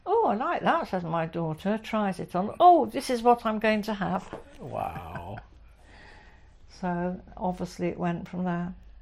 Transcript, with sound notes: “Oh, I like that” says my daughter, tries it on. “Oh, this is what I’m going to have.” (laughs) So, obviously it went from there.